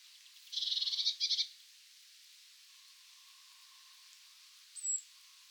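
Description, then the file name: Eurasian blue tit giving one rapid buzzy churr, followed by a single thin high whistled note after a pause. "Cyanistes caeruleus"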